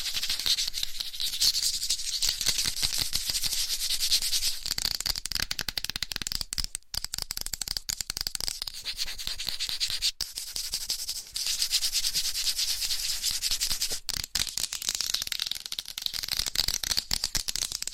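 Fast, aggressive scratching on microphone covers with fingernails, a dense, hissy rasp that runs almost without pause for the whole stretch. The sound sits mostly in the bright upper range, swelling and thinning in waves, with a few abrupt dropouts near seven, ten and fourteen seconds.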